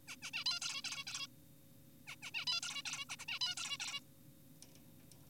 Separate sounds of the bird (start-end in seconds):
0.08-0.16, 0.22-0.31, 0.34-0.44, 0.46-0.60, 0.62-0.82, 0.84-1.04, 1.07-1.27, 2.07-2.16, 2.23-2.31, 2.34-2.45, 2.47-2.60, 2.63-2.83, 2.86-3.05, 3.10-3.16, 3.19-3.26, 3.28-3.39, 3.41-3.55, 3.57-3.77, 3.80-4.00